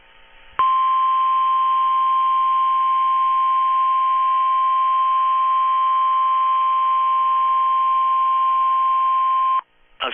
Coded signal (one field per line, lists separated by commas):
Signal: Emergency Alert System (SAME) tones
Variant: 1050 Hz attention tone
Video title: Bulletin, Flordia flash flood warning from hurricane (EAS #1)